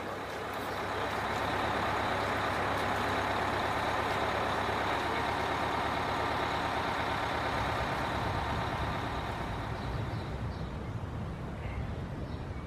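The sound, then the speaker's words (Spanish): A city bus with air brakes, heading to the city centre in a city in southern Spain, drones loudly and steadily with a deep rumble and a thin high whine, easing slightly toward the end; no one speaks. “Vamos a tomar el autobús que nos lleva al centro de la ciudad.”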